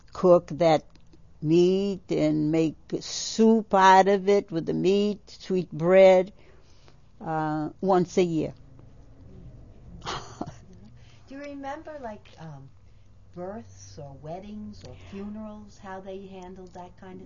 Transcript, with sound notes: cook that meat, and make soup out of it with the meat, sweet bread. Once a year. [Laughs]
Do you remember, like, births, or weddings, or funerals, how they handled that kind of thing?